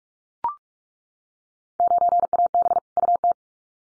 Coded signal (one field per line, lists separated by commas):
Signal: Morse code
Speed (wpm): 44 wpm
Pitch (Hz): 700 Hz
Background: none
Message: 9AB UT